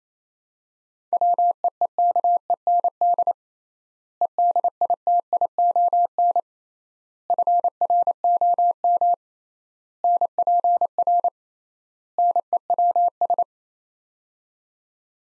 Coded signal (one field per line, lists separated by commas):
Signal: Morse code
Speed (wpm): 28 wpm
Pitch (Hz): 700 Hz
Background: none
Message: WEEKEND EDITION FROM NPR NEWS